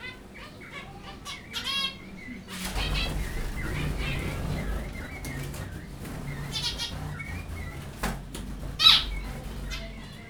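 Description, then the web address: Zebra finch nasal call notes at the start and later, interrupted by a loud burst of fluttering wingbeats, then more scattered beeps. Recorded at a zoo in Jászberény, Hungary, in 2015. "jaszberenyizoo. zebrapinty pintyek"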